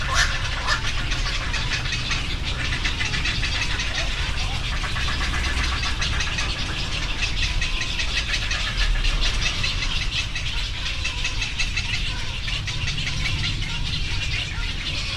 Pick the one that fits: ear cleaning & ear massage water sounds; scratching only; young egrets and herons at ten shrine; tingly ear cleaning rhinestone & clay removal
young egrets and herons at ten shrine